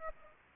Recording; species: mosquito wingbeat signal from an infrared sensor; Aedes aegypti